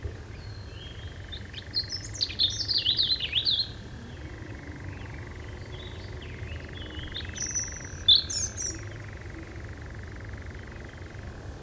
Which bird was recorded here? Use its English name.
Eurasian Nightjar